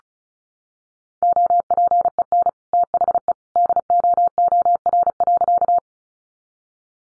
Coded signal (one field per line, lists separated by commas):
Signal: Morse code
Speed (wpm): 34 wpm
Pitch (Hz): 700 Hz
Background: none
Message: OPEN THE DOOR.